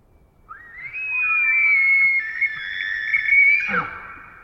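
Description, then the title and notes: Elk scream: a long, shrill, wavering whistle climbs quickly and holds high for about three seconds before collapsing into a short, low guttural grunt. Wild elk, multiple herds surrounding a campsite in the early morning hours, Pacific Northwest, Washington, United States; isolated from a mid-side soundscape recording, processed with light noise expansion. "Wild Elk Screams. multiple herds surround campsite in early morning hours. Recorded in the Beautiful Pacific Northwest in Washington, Untied States"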